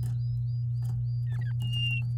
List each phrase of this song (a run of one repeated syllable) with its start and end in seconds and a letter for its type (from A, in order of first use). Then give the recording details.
1.25-1.52 A, 1.60-2.02 B. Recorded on 9 May 2018 at 05:58. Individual llb16